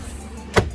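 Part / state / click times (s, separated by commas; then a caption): plastic threshold trim piece into SUV rear door sill area / seated / 0.6 s. A small plastic threshold-style trim piece is pressed into place over routed wires in an SUV rear door sill area. One sharp snap is heard at 0.6 s as it seats.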